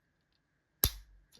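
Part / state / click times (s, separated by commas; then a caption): plastic fold-in panel locking into the action figure's body / seated / 0.8 s. A plastic fold-in panel on a Transformers Studio Series Deluxe Class B-127/Bumblebee transforming action figure is folded in and snaps into place in the figure's body. A sharp click is heard at 0.8 seconds, followed by a faint softer tick near 1.4 seconds. The panel is seated with a satisfying little click.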